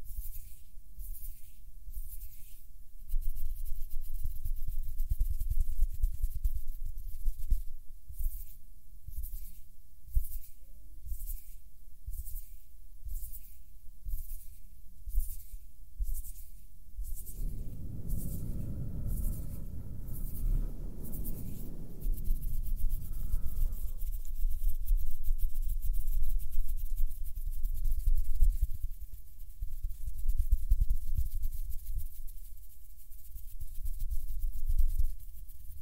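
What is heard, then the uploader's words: Hand sounds: soft rhythmic brushing strokes repeat about once a second for twenty seconds, with a deep breathy rumble swelling midway. ASMR HAND SOUNDS + SOFT HAND MOVEMENS TO HYPNOTIZE YOU with mic blowing.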